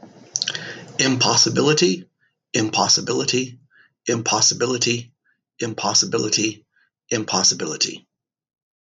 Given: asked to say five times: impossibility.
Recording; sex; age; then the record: repeated word; male; 60 to 69 years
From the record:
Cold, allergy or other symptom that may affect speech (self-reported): no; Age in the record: 63 years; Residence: California, United States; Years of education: 18